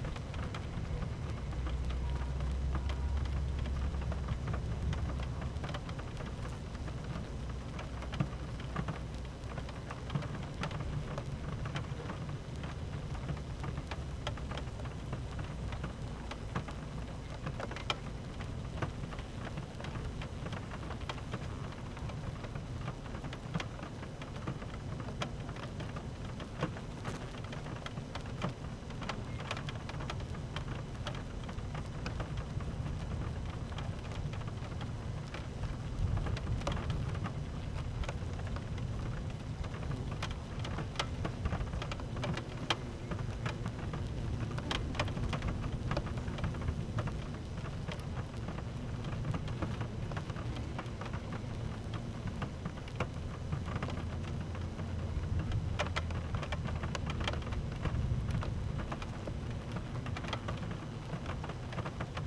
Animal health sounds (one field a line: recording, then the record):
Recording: honeybee colony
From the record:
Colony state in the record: active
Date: 12 June 2018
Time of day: 13:00